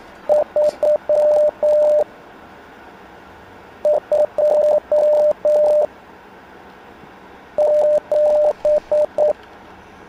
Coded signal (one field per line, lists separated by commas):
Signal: Morse code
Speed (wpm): 9 wpm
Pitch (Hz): 600 Hz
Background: radio noise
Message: 327